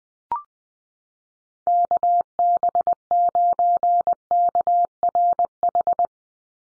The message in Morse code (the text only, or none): KB9KRH